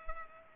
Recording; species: mosquito wingbeat signal from an infrared sensor; Culex pipiens